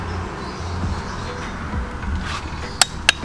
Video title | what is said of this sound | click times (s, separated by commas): The Q60s Motor Swapped 370z BIGGEST Fail - JWT CUSTOM Flywheel Install | now mark that mark I'll let you hear that click don't go more your marker okay mark | 2.8 s, 3.1 s